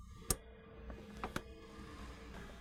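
The plastic locking tab on a sensor wiring connector is pushed closed after the connector is seated, during installation of a Flowmaster Delta Force Cold Air Intake 615142 on a 2007-11 Jeep Wrangler JK with the 3.8L engine. A sharp click is heard at 0.3 s, followed by fainter ticks around 0.9, 1.2 and 1.4 s. The tab clicks shut and the connector is seated.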